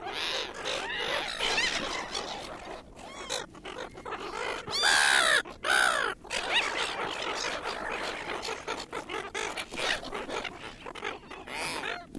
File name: Bird Silver Gulls Williamstown Large Group Feeding